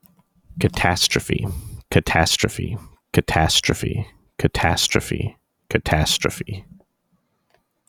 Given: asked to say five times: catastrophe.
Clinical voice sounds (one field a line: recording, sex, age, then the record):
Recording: repeated word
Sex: male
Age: 30 to 39 years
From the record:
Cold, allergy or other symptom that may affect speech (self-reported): no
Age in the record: 36 years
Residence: Illinois, United States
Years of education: 16